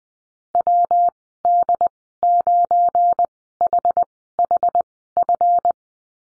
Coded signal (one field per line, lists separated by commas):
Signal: Morse code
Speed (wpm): 20 wpm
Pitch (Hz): 700 Hz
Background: none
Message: WD9HHF